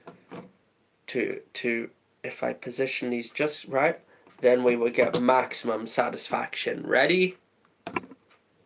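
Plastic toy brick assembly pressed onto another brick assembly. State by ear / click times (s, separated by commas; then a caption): seated / 7.9 s, 8.0 s. Someone talks while lining up two plastic LEGO assemblies from the LEGO Creator Expert 10266 NASA Apollo 11 Lunar Lander set, then presses one brick assembly onto the other. Two short, faint clicks come at 7.9 s and 8.0 s, and the assemblies seat together.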